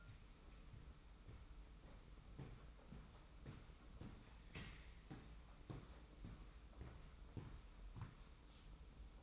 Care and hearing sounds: daily activity, microphone in the room; walk to room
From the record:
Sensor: 1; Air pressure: 991.1 hPa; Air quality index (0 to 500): 90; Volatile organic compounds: 32 ppm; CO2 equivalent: 2994 ppm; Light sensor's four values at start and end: 35/114/44/46 and 34/107/42/44

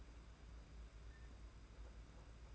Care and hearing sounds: daily activity, microphone in the room; open fridge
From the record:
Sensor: 2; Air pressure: 991.7 hPa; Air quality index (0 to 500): 222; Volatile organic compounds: 1000 ppm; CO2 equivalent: 7396 ppm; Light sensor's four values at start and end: 25/81/31/29 and 25/81/31/29

